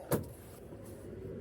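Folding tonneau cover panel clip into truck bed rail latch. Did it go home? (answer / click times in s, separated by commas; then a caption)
no / none. A panel of a hard folding tonneau cover is handled and pushed down toward its truck bed rail latch during installation on a GMC Sierra EV. A brief sharp handling knock is heard near 0.1 s, followed by a low steady rumble. Nothing has seated or clicked yet.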